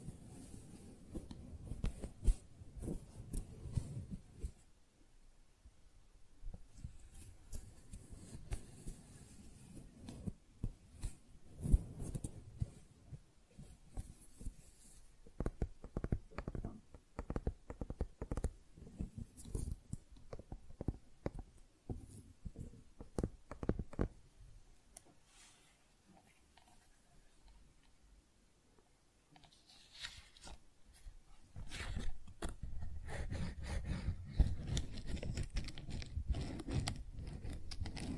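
Flower sounds for ASMR: crisp crackling and rustling arrive in irregular clusters of sharp clicks and brushes. A soft low rumble sits underneath at the start and again from about 31 seconds, with a quieter, sparser stretch around 25 to 30 seconds.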